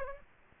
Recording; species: mosquito wingbeat signal from an infrared sensor; Culex pipiens